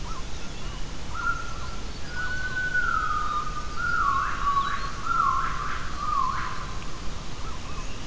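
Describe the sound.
Gibbon calls: a series of clear, whistled notes that swoop up and down, over a steady hiss of background noise.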